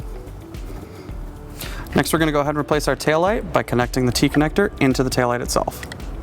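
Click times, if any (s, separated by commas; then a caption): none. Someone talks while handling a trailer wiring harness T-connector on a 2005 Buick Rendezvous, about to push it into the taillight's plastic socket. Low background noise fills the start, and a brief bump is heard at 1.6 s before the talking begins. Nothing has seated or clicked yet.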